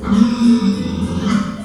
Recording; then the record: squeal of a Yucatan mini pig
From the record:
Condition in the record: after surgery on the right vocal fold (resection and tissue-engineered implant); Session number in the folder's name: 13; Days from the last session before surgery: 113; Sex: female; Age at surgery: 19 weeks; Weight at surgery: 25 kg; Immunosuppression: prednisolone